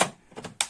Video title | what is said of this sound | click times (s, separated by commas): Review NEEWER Q3 200Ws 2.4G TTL Flash (2nd Version), 1/8000 HSS Strobe Light Photography Monolight w | and you have the battery. The battery just clicks in place, | 0.6 s